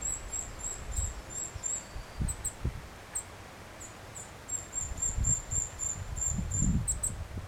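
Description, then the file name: Eurasian nuthatch repeating thin high call notes in runs, while low thuds and rumbling noises come and go underneath. "Sitta europaea"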